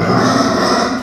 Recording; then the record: squeal of a Yucatan mini pig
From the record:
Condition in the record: after surgery on the right vocal fold (resection and tissue-engineered implant); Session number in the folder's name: 11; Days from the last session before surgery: 98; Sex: female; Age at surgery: 19 weeks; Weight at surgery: 25 kg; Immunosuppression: prednisolone